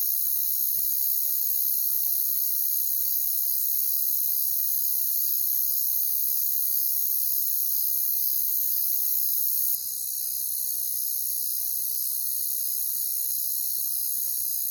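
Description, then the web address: Crickets trill in a continuous high chorus; a sudden dip in level comes about two-thirds through, after which the shrill drone carries on. Jungle setting. "Echoes of Nature - Jungle Talk Crickets"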